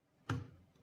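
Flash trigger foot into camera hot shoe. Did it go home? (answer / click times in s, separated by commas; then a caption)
yes / 0.3 s. A Godox flash or trigger foot is slid into the new hot shoe of a Canon camera only as far as the first click, so the pins line up and the Err 70 problem is avoided; going on to a second click would be too far. A single sharp click sounds at 0.3 s against a quiet background, then fades quickly. The foot is seated at the first click.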